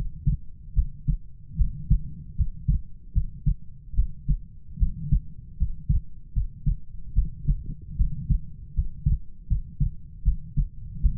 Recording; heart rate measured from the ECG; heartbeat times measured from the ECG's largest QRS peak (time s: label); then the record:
heart sounds by stethoscope; 76 bpm
0.74 s: heartbeat
1.56 s: heartbeat
2.35 s: heartbeat
3.13 s: heartbeat
3.94 s: heartbeat
4.78 s: heartbeat
5.57 s: heartbeat
6.33 s: heartbeat
7.14 s: heartbeat
7.96 s: heartbeat
8.74 s: heartbeat
9.47 s: heartbeat
10.23 s: heartbeat
11.01 s: heartbeat
From the record:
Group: healthy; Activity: rest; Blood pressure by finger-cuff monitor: 97/52 mmHg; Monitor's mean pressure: 66 mmHg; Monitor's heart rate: 76 bpm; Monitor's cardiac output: 7.3 L/min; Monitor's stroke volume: 96 mL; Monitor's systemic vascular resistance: 650 dyn s/cm5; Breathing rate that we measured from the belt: 19 breaths a minute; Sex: female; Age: 19 years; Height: 163 cm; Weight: 48.9 kg